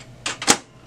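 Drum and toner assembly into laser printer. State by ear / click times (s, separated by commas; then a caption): seated / 0.3 s. A drum and toner assembly is slid back into a Brother MFC L5850dw laser printer and clicks into place at 0.3 s, showing it is in the right way. Two more short, sharp knocks follow at about 0.4 s and 0.5 s, the last one the loudest.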